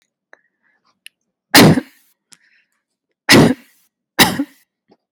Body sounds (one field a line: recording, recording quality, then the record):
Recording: shallow voluntary cough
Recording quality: excellent, no background noise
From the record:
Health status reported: healthy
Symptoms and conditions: none ticked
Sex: female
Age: 27 years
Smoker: not ticked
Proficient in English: yes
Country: Canada